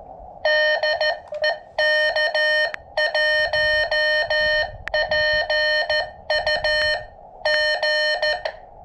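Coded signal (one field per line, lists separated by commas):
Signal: Morse code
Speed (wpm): 14 wpm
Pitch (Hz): 1850 Hz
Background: none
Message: DE K1PUG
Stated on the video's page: POTA activation on 15m with a KX2 and a DIY shortened base-loaded vertical antenna.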